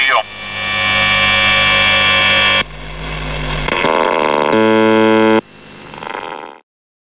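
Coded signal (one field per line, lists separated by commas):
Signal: numbers station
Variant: UVB-76 (The Buzzer)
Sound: harsh droning buzzes starting and stopping abruptly, a short warbling voice-like bit, then hiss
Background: radio static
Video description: "The Buzzer" is a Russian military radiostation that broadcasts on 4625 kHz.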